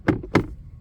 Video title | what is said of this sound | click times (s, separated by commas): Replace cabin air filter on 2020 Mazda CX9 Signature | you pinch and pull out, it just locks back in place. | 0.1 s, 0.4 s